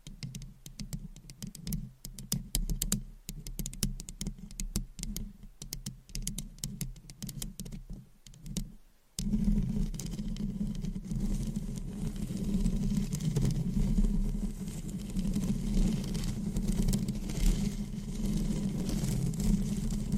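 Scratching on a microphone, first as a fast, uneven run of dry clicks and scrapes over a low hum. Just after nine seconds it switches abruptly to a louder, continuous rough rubbing with a heavy low rumble that holds steady to the end.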